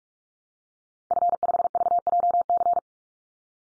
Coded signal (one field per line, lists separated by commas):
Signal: Morse code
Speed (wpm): 44 wpm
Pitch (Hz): 700 Hz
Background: none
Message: F5VJC